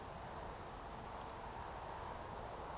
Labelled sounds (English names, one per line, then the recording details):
Eurasian Woodcock whistle
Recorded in Baden-Württemberg, Germany, on 13 June 2020 at 20:14 UTC
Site 43791, 788 m above sea level